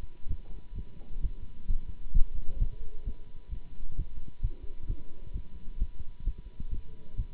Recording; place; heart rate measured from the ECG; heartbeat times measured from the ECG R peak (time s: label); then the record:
heart sounds by stethoscope; between the tricuspid and mitral areas; 131 bpm
0.28 s: heartbeat
0.74 s: heartbeat
1.21 s: heartbeat
1.67 s: heartbeat
2.13 s: heartbeat
2.59 s: heartbeat
3.04 s: heartbeat
3.50 s: heartbeat
3.95 s: heartbeat
4.41 s: heartbeat
4.87 s: heartbeat
5.32 s: heartbeat
5.78 s: heartbeat
6.24 s: heartbeat
6.70 s: heartbeat
7.16 s: heartbeat
From the record:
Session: Bruce protocol treadmill stress test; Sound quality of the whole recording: good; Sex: male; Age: 24 years